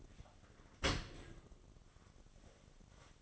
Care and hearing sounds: daily activity, microphone in the room; open dishwasher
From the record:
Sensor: 4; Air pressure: 1007.5 hPa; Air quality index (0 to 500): 201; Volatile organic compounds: 7 ppm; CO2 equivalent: 2005 ppm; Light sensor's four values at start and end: 22/71/27/26 and 22/70/27/26

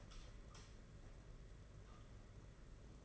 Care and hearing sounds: daily activity, microphone in the room; light on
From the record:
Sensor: 4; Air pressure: 992.7 hPa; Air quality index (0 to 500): 168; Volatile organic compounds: 242 ppm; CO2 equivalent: 4340 ppm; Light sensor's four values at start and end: 4/8/3/3 and 4/9/4/4

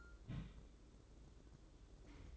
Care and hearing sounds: daily activity, microphone in the room; place on stove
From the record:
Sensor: 3

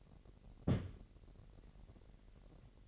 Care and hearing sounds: daily activity, microphone in the room; place on stove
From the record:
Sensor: 4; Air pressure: 1012.8 hPa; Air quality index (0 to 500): 237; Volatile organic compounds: 4 ppm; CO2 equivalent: 1579 ppm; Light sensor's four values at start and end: 28/67/27/27 and 27/66/27/26

